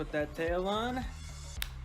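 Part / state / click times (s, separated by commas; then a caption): plastic tail piece into dinosaur figure body / seated / 1.6 s. A detachable plastic tail is pushed onto the body of a dinosaur action figure while someone talks. One short, sharp click at 1.6 s marks the tail seating into place, going in easily.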